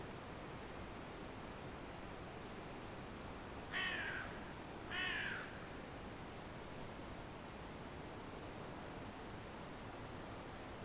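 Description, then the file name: Carrion crow calling two hoarse caws about a second apart, set against a steady background hiss. "Corvus corone"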